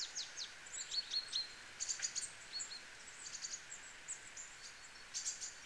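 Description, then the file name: Great tit calls, short high chirps and thin notes in quick bursts throughout, over steady background hiss. "Parus major"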